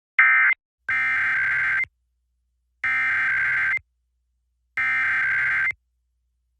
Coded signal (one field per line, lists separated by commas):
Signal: Emergency Alert System (SAME) tones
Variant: header bursts